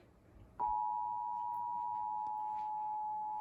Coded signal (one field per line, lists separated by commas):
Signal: Emergency Alert System (SAME) tones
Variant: 853 and 960 Hz attention tone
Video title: Child Abduction Emergencies [EAS #1-3]